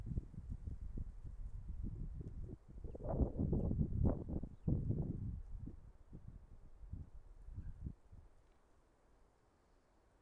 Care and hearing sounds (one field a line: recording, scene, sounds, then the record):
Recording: everyday scene through a hearing-aid microphone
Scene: wind on the microphone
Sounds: wind, traffic, birds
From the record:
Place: suburban garden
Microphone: behind the ear, left, front